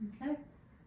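A disposable plastic probe cover is being handled at the probe tip of a tympanic (ear) thermometer, to be pushed on until a loud click shows it is on and secure. In this short clip someone talks briefly over a quiet background. Nothing has seated or clicked yet.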